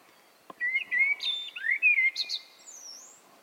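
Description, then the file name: Common blackbird gives one phrase of smooth whistled notes, rising and falling, capped by thin high squeaks and a faint soft tap near the start. "Turdus merula"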